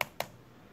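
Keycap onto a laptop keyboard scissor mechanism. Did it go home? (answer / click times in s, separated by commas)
yes / 0.0 s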